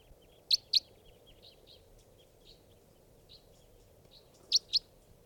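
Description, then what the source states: Crossbill calls: two loud, sharp high kip notes near the start, a similar pair near the end, and faint softer calls scattered between them. Individually numbered bird, number 563.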